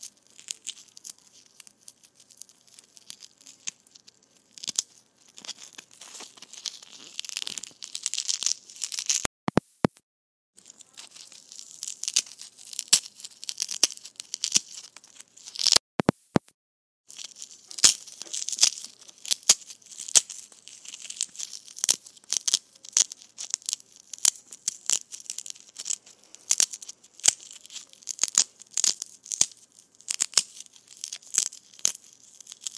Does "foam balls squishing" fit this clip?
yes